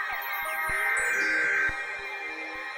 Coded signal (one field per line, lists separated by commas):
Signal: Emergency Alert System (SAME) tones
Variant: header bursts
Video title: HELLO 2019!! EAS Alerts from 1/8/19 - 1/30/19 (EAS #1,992 - 2,009)